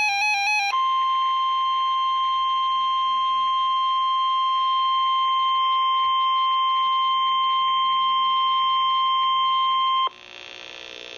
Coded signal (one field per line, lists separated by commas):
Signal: Emergency Alert System (SAME) tones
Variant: 1050 Hz attention tone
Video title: EAS #968/969: Coastal Flood Warning (2/24/2016) [DOUBLE HEADER]